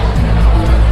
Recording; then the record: background sound without coughing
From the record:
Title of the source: Party Noise 1 Hour Party Ambience